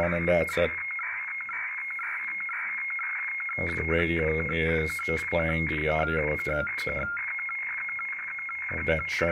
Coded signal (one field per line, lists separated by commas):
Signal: weather fax (radiofax)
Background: speech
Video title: Decoding Boston, MA weather fax using XHDATA D808 and HF Weather fax app on Android tablet